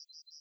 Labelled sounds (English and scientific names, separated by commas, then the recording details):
Yellowhammer (Emberiza citrinella) song
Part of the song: start
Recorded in the Czech Republic on 10 May 2013
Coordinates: 49.751, 16.979
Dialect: BC
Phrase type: C50
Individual 290233